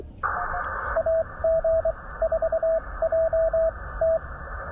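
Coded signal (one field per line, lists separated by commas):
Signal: Morse code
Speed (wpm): 23 wpm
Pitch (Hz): 650 Hz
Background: radio noise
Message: AG4JT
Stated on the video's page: QRP park activation at 400 milliwatts reaching England, Elecraft K2, homebrew end-fed half-wave, bug emulator.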